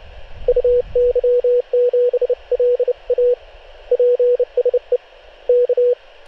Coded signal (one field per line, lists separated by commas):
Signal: Morse code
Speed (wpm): 30 wpm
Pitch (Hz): 490 Hz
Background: radio noise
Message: UY7LA PSE K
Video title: Radio Field Operations, Mont Macaron.